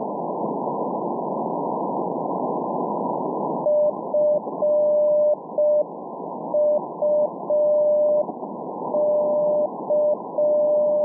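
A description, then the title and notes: Morse code beeps at one steady pitch start after about four seconds, keyed in short and long tones over continuous band-limited radio hiss. Tonight while tuning around the 43 meter band (around 6780 kHz) I came across this interesting morse code (CW) signal.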